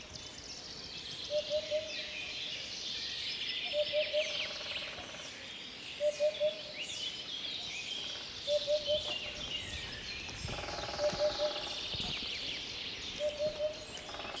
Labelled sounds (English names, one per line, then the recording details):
Eurasian Hoopoe song
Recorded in the wild
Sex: male
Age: adult
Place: Teerofenbrücke, Nationalpark Unteres Odertal, Brandenburg, DE
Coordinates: 53.1322, 14.3536
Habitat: wood
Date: 2021-05-15 09:00
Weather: clear, weak wind
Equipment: Sound Devices 702, Sennheiser MKH 415 T, Rhode Windschutz
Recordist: Frommolt, Karl-Heinz
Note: Gesang eines Wiedehopfes gegenüber der Wildnisschule (auf anderer Seite des Kanals)